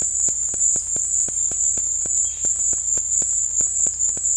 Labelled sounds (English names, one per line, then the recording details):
Violaceous Jay
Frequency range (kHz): Violaceous Jay 1.4-5.1 kHz
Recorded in dense forest near Puerto Asís, Putumayo, Colombia, on 18 February 2024 at 15:00
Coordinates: 0.487, -76.319
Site G6403